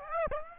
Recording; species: mosquito wingbeat signal from an infrared sensor; Aedes aegypti